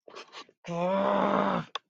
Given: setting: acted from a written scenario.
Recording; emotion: vocal sound without words; contempt